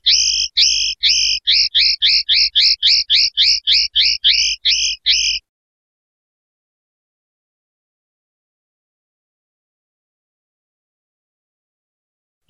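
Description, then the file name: European goldfinch song: a five-second trill of rapid repeated high notes at a steady tempo, with faint low thumps beneath, followed by silence. "suara burung chardonneret atau goldfinch eropa om kicau"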